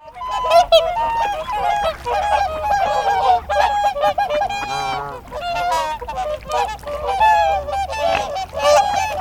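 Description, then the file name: Whooper swans bugling together, a dense run of nasal trumpeting honks from several birds, with low background rumble. Recorded at Hamretjern on 7 February 2021. "20210207 sangsvane hamretjern"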